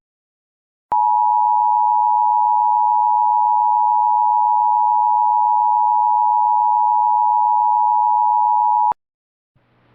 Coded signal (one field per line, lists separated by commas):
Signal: Emergency Alert System (SAME) tones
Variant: 853 and 960 Hz attention tone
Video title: EAS Mock - Eureka SVR